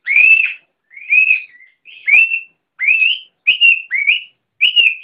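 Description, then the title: Oriental magpie-robin giving clear rising whistles, each slurred upward, repeated about every three quarters of a second, seven in all, with silence between. "Kicau Kacer"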